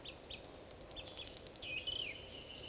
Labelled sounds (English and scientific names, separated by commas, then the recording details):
Eurasian Woodcock (Scolopax rusticola) whistle
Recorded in Baden-Württemberg, Germany, on 11 June 2020 at 19:52 UTC
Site 41501, 195 m above sea level